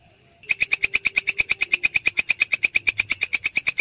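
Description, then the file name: Grasshopper call: after a short quiet start, a steady, fast run of harsh, high, clicking pulses. "suara belalang kecek"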